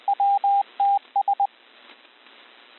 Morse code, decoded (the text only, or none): WTS